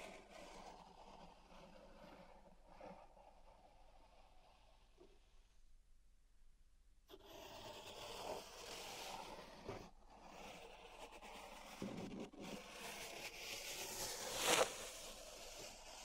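Pink salt zen garden triggers: soft scraping and rustling strokes, mostly low and textured, with a brief near-silence around six to seven seconds. After that the raking grows busier and brighter, with sharper gritty scrapes near twelve and fourteen seconds.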